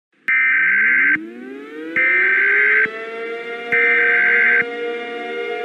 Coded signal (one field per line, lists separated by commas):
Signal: Emergency Alert System (SAME) tones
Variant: header bursts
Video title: EAS Scenario - Fall of the USA: REMASTERED